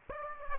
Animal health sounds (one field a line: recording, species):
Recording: mosquito wingbeat signal from an infrared sensor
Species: Aedes aegypti